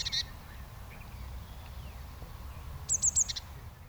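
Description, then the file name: Eurasian blue tit giving one quick high three-note call with a buzzy finish, after a short buzzy sound at the start, against low rumbling noise. "Cyanistes caeruleus"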